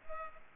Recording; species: mosquito wingbeat signal from an infrared sensor; Culex pipiens